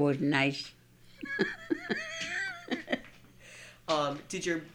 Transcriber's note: she laughs